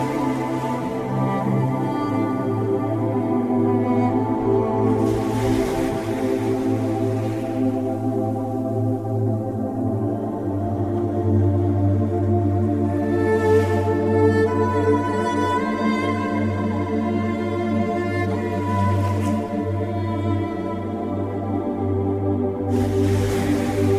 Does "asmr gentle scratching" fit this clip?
no